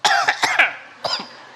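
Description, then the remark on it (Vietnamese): During a seated meditation session, a burst of several rapid, harsh coughs comes in a tight cluster, followed after a short pause by one or two more coughs, fairly loud with no talking. “Này ho thiệt ông nội ơi.”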